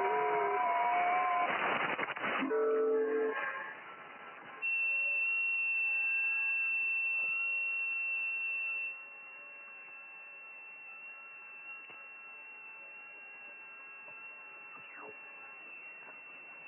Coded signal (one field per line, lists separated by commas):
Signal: FT8